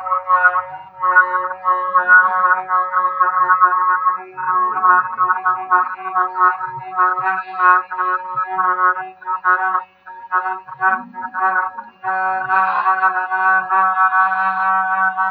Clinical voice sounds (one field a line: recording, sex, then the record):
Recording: sustained vowel /a/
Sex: female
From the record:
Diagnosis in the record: Parkinson's disease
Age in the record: 63 years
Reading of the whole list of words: 61 s, 4.6 characters per second